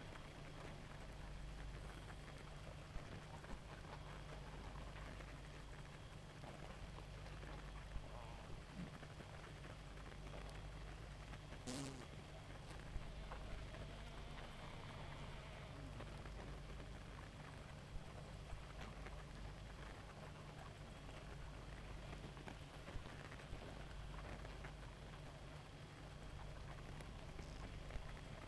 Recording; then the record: honeybee colony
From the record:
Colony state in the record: active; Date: 28 July 2017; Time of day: 0:25